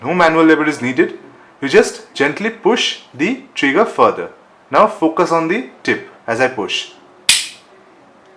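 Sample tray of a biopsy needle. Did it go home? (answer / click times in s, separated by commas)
yes / 7.3 s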